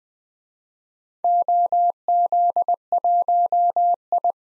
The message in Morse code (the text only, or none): OZ1I